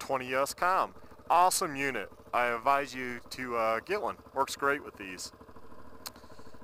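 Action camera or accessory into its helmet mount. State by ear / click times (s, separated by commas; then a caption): seated / 6.1 s. While wearing his helmet, a rider slides an action camera or accessory into its helmet mount without looking, as someone talks over a low steady background hum. A single sharp click at 6.1 s marks the camera snapping into the mount, locked into place.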